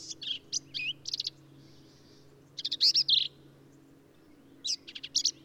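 Black-capped vireo song: short high phrases of buzzy, squeaky and rasping notes separated by brief pauses, with a low steady hum beneath.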